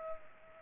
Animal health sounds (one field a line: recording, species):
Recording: mosquito wingbeat signal from an infrared sensor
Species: Culex pipiens